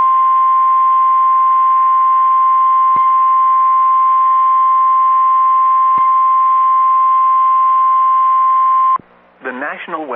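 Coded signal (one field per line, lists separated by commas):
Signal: Emergency Alert System (SAME) tones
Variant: 1050 Hz attention tone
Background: speech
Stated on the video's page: Severe Thunderstorm Warning from the National Weather Service in Chicago.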